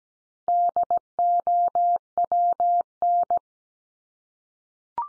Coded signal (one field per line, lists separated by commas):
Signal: Morse code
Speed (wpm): 17 wpm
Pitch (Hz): 700 Hz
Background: none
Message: DOWN